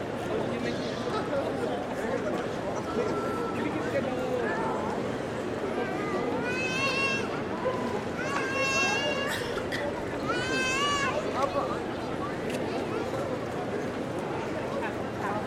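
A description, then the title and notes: Ambient sound around St. Peter's in Munich: a steady, dense murmur of many voices fills the whole clip. From about 6 to 11 seconds, a few higher, wavering calls rise above the crowd, perhaps a child or an animal. Munich's St. Peter. Ambient sound of Munich. Recorded using Zoom F6 & Rode NT5 Pair in OTRF configuration.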